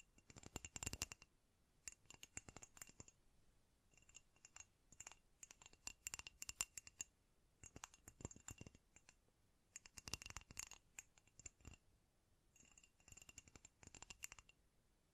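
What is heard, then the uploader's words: Quick tapping comes in dense bursts of sharp clicks, each flurry lasting a second or two and separated by brief pauses. The taps are crisp and bright with a faint metallic ring, a little like coins clattering, and the rhythm is irregular throughout. ASMR Great Tapping Sounds for Sleep (No Talking).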